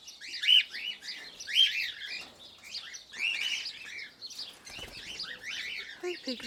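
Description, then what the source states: Cockatiel chirping calls, many overlapping bright chirps in irregular bursts. Pearl colour variety.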